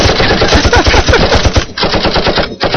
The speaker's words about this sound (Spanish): Un balazo, señor. La señora no escuchó el balazo. Si no fue un balazo así. No, fue así. Una escopeta.